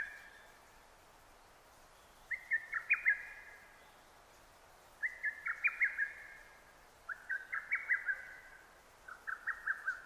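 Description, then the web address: Lesser cuckoo delivering four quick, chattering whistled phrases a couple of seconds apart, later ones slightly lower, over a faint steady background hiss. Recorded 6 June 2009. "sounds data 2009 D 50-hototogisu-20090606"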